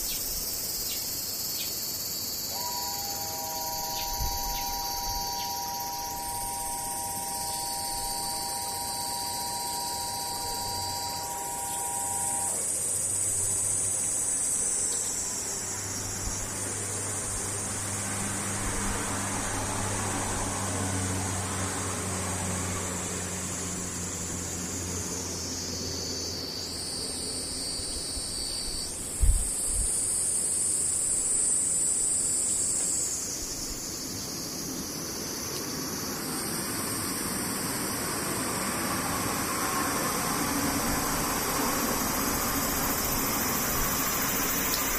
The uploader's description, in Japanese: セミ